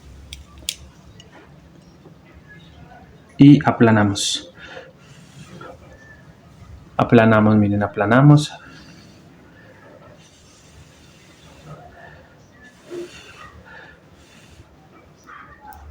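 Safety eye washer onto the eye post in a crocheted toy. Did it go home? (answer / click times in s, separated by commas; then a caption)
no / none. A plastic backing washer for a safety eye is being handled and pressed toward the eye's post inside a crocheted amigurumi toy, with no click times given and nothing seated yet. Someone talks twice during the clip, and a few faint sharp ticks and quiet handling sounds come in between. The clip ends before the washer goes home.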